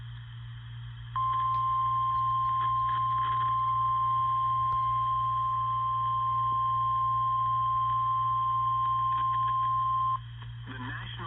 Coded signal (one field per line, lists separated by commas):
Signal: Emergency Alert System (SAME) tones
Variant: 1050 Hz attention tone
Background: speech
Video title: (EAS #2,691 - #2,708) LET’S TRY THIS AGAIN - EAS Alerts from 4/14/26 - 4/15/26